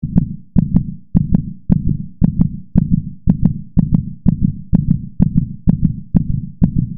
Heartbeat.